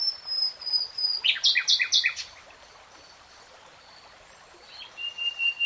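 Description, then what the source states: Nightingale singing thin high whistles and a short burst of loud repeated notes, then a pause and a final clear whistle. Singing in real time, not sped up.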